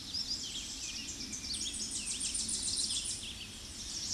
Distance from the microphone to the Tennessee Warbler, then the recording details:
about 15 m. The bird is about 10 m above the microphone. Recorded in a Pennsylvania forest on 16 May 2024 at 07:13. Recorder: AudioMoth, point MSD-0263. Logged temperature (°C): 16.0 °C. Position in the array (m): 103 m, 217 m